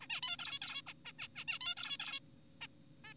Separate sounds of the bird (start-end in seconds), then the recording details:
0.01-0.07, 0.10-0.21, 0.23-0.37, 0.39-0.59, 0.62-0.82, 0.87-0.93, 1.05-1.12, 1.19-1.28, 1.36-1.45, 1.48-1.59, 1.61-1.75, 1.77-1.97, 2.00-2.20, 2.61-2.67, 3.04-3.14. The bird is an adult. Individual g4p5U